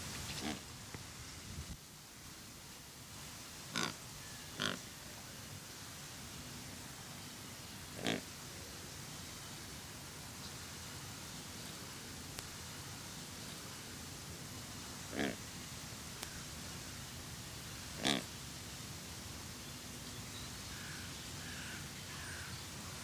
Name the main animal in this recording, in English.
Coscoroba Swan